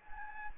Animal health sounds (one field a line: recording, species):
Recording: mosquito wingbeat signal from an infrared sensor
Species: Anopheles gambiae